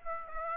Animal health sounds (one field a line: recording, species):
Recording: mosquito wingbeat signal from an infrared sensor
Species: Aedes aegypti